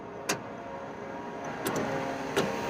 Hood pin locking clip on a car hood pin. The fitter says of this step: And then that should lock into place. Boom!